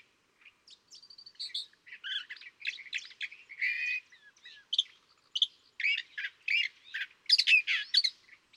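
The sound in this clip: California thrasher delivering a varied song of harsh squawky notes, thin whistles and gurgling phrases, growing louder and denser toward the end.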